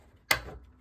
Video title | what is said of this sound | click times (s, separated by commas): How to change out the power supply in a pinball computer | right there and you heard that click right there that's all the way in and so | 0.3 s